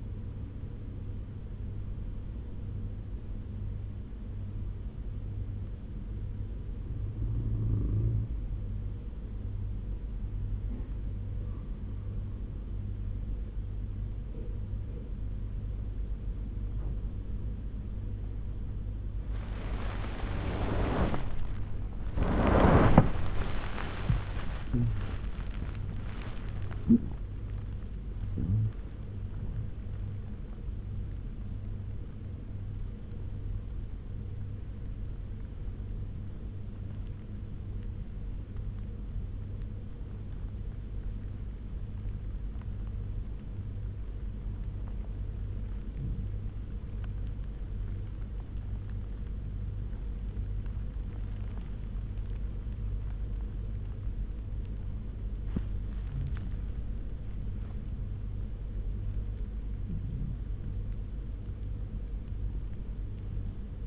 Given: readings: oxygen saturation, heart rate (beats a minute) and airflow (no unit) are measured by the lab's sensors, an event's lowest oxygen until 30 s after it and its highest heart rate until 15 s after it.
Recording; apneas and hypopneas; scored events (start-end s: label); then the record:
breathing in sleep by a smartphone at the bedside; 1
10.00-40.00 s: new sleep stage, awake
13.00-41.00 s: awake
24.00-56.20 s: hypopnea (scored as awake, oxygen 96% highest, then 93% lowest, heart rate 90 at the start, 100 highest)
40.00-63.87 s: new sleep stage, N1 (lightest sleep)
From the record:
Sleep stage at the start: N1 (lightest sleep); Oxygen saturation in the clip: 90 to 97%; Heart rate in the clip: 73 to 100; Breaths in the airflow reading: 14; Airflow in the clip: -12.7 to 14.0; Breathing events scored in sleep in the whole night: 201 in 6.5 hours asleep